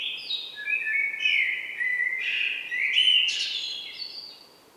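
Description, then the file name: Common blackbird delivering a continuous run of mellow, flute-like warbling notes, gliding up and down with brief squeaky high accents, fading at the end. "Turdus merula"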